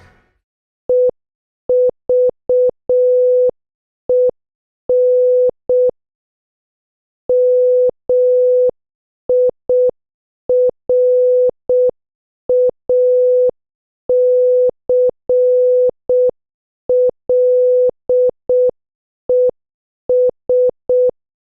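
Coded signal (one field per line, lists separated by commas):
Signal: Morse code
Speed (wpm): 6 wpm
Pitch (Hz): 500 Hz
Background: none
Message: EVEN MIRACLES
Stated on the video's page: Morse practice of movie quotes at 6 WPM.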